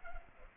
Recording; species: mosquito wingbeat signal from an infrared sensor; Culex pipiens